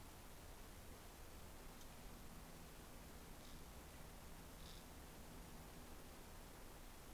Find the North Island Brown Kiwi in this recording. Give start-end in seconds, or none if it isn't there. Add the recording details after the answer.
none. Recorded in New Zealand on 10 December 2013. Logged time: 02:28. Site DE65